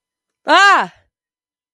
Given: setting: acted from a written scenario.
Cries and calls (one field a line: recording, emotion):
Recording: vocal sound without words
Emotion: negative surprise